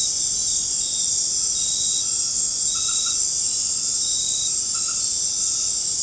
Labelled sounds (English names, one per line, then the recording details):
none
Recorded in dense forest near Puerto Asís, Putumayo, Colombia, on 19 March 2025 at 19:30
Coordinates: 0.500, -76.322
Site GP06